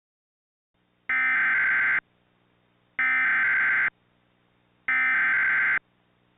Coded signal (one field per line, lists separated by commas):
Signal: Emergency Alert System (SAME) tones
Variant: header bursts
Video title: EAS Mock #39: A Triple Dose of Disaster.